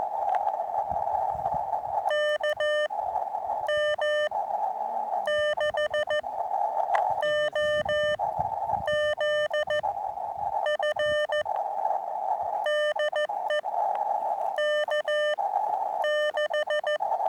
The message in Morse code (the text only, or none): K M 6 O Z F DE K 6